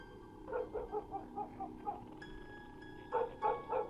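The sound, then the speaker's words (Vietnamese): A dog barks at night, around 3 a.m., in a quick run of short, mid-pitched yaps, goes quiet for about a second, then lets out two more barks over a steady low rumble of background noise. “Tiếng gió, tiếng sóng vỗ bờ từ đằng xa xen lẫn vào cái tiếng chó cắn ma cứ nhấm nha nhấm nhằng, đã buồn lại còn rát ruột.”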